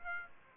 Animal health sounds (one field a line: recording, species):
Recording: mosquito wingbeat signal from an infrared sensor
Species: Aedes aegypti